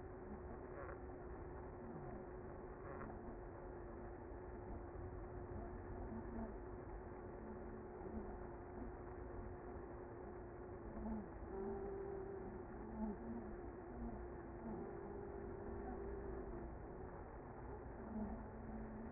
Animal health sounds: honeybee colony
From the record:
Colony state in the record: active

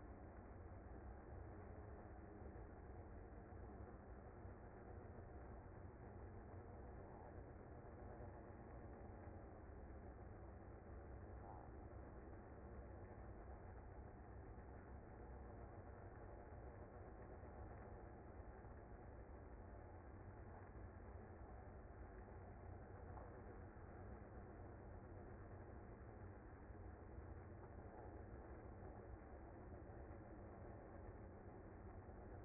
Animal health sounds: honeybee colony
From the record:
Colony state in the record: active

